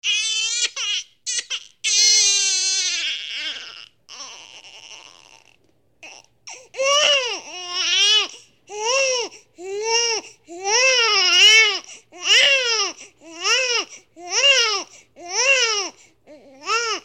Newborn baby crying.